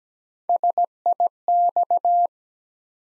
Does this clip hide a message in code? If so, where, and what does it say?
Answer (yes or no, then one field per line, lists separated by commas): yes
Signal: Morse code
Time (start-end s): 0.5-2.3 s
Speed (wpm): 17 wpm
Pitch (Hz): 700 Hz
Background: none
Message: SIX